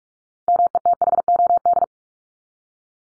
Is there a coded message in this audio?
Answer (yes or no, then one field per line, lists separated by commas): yes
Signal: Morse code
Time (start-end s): 0.5-1.8 s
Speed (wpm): 44 wpm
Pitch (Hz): 700 Hz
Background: none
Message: METHOD